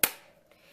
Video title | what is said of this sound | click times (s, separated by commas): Tarteist Pro Palette Review and More | You can hear it click when you close it. | 0.0 s